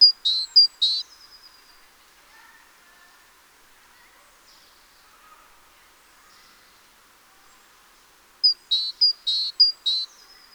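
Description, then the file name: Great tit calling in two short bursts of alternating high and lower notes, a few notes in the first and several in the second, separated by a long stretch of near-silence. "Parus major"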